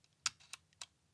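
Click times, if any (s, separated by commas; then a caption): 0.3 s. A plastic game cartridge is pushed down into a spring-loaded slot of an Alxum Nintendo Switch Dock Multi-Game Card Reader, clicking down just as it does in the Switch console. A sharp, bright click at 0.3 s marks the cartridge seating, followed by softer clicks around 0.5 s and 0.8 s and a low thump near 1.2 s. The cartridge is seated securely in the slot.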